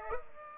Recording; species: mosquito wingbeat signal from an infrared sensor; Aedes aegypti